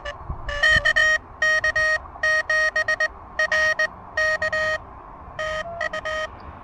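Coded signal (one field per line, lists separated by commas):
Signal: Morse code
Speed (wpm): 18 wpm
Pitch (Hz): 1850 Hz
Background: none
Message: KK7RK TU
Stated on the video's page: Pedestrian mobile POTA hunting with an Elecraft KH1 keyed by a TinyPaddle adapter, amid urban QRM.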